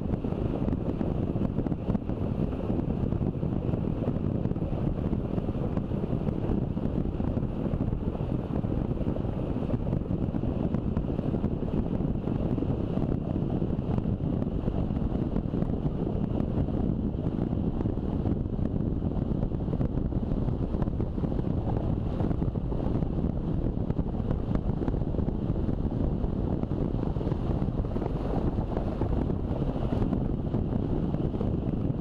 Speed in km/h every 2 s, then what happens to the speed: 28, 27, 27, 29, 30, 29, 30, 31, 33, 33, 33, 35, 35, 34, 33, 30.
0-32 steady at about 30.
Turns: none.